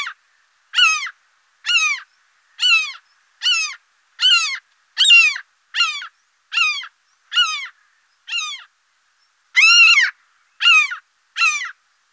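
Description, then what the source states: Common gull calls: short, harmonic, slightly descending mewing notes repeated in a series, with a brief pause before a louder note near the end. Calls recorded in Europe.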